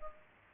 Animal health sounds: mosquito wingbeat signal from an infrared sensor; Culex pipiens

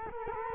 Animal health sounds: mosquito wingbeat signal from an infrared sensor; Culex quinquefasciatus

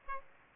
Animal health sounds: mosquito wingbeat signal from an infrared sensor; Aedes aegypti

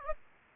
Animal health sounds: mosquito wingbeat signal from an infrared sensor; Anopheles gambiae

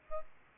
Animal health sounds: mosquito wingbeat signal from an infrared sensor; Aedes aegypti

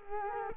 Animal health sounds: mosquito wingbeat signal from an infrared sensor; Culex quinquefasciatus

